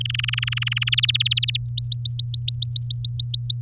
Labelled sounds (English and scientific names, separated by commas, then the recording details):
Domestic Canary (Serinus canaria) song
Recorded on 7 May 2018 at 16:33
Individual llb16